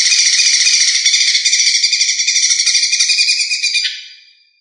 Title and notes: CCKIJDaunKecil. Cucak Ijo